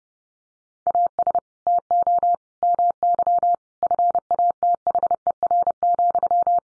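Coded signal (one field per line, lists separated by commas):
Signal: Morse code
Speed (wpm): 30 wpm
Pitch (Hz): 700 Hz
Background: none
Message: AS TO MY FATHER,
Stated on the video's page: Head-copy drill of sentences built from the top 600 words in Morse at 30 wpm, each sent, spoken, then sent again.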